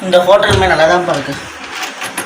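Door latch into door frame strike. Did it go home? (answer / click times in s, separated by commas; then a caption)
no / none. A hotel room or bathroom door is being shut by hand, its lock latch moving toward the door frame strike. Someone talks for most of the clip, followed by quieter handling noise and a brief sharp sound at 2.2 s. The latch has not yet seated or clicked into the strike when the clip ends.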